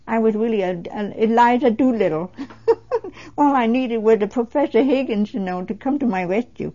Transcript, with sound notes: I was really Eliza Doolittle, (She laughs) all I needed was a Professor Higgins, you know, to come to my rescue.